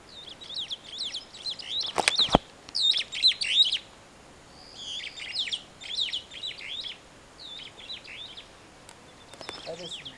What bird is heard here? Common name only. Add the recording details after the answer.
Superb Starling. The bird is a male. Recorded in Kenya on 28 May 2010. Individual 7, of group CF1